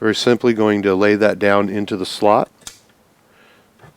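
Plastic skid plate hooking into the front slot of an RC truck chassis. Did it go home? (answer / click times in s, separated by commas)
yes / 2.7 s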